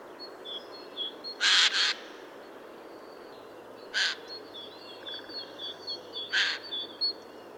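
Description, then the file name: Eurasian jay giving a doubled harsh screech, then two single rasping calls, while another bird sings a run of high, thin whistled notes. "Garrulus glandarius"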